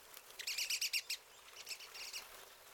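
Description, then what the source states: Pine siskin calls, a quick run of short buzzy high chips in a burst, followed by softer scattered twitters. Several pine siskins.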